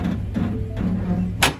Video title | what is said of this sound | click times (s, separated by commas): Teaching Alli - Hitching up a Travel Trailer - Aliafia River State Park Campground | there you go you hear that click yeah okay it's in now okay | 1.4 s